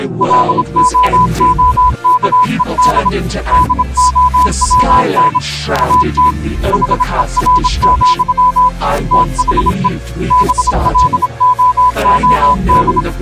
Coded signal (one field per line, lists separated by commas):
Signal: Morse code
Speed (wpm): 26 wpm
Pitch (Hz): 1000 Hz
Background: speech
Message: LOOKED DOWN AT HER, THE BLOOD